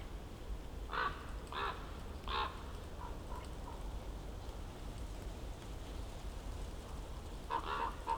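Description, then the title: Common raven croaks, three loud harsh calls, a few soft notes, then a closing group of rough calls over a low rumble. Ravens circling above the recordist, who crouched among young beeches on Patnik mountain side, Goworów, Poland, for over ten minutes; New Year's walk; Zoom F4, AT BP4025. "Patnik mountain side, Goworów, Poland - Circling ravens"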